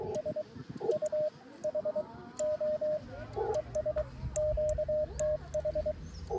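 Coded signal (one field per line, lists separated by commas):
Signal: Morse code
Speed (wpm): 22 wpm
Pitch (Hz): 610 Hz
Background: none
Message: SUHO ES QTH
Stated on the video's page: Amateur CW contact with a Japanese station by a Korean novice.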